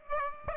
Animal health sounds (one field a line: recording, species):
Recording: mosquito wingbeat signal from an infrared sensor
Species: Aedes aegypti